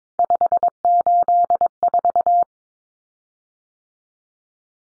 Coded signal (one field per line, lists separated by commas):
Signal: Morse code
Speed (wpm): 22 wpm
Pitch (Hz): 700 Hz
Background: none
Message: 584